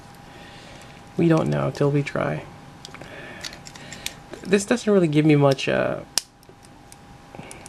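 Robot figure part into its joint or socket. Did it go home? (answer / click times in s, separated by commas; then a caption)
yes / 7.5 s. Someone talks while pressing a part of a plastic/die-cast Riobot Detonator Orgun robot figure into its joint or socket during transformation, with small handling clicks and taps throughout. A click is heard at 7.5 s as the part seats, though it looks squished in place.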